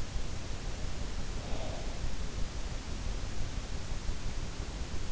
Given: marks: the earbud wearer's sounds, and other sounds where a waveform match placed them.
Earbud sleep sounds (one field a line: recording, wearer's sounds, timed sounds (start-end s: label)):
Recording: sounds in sleep by an in-ear microphone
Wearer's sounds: breath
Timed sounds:
0.93-2.25 s: breath